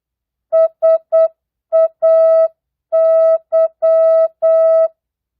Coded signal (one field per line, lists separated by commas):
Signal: Morse code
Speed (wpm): 8 wpm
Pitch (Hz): 650 Hz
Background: music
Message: SAY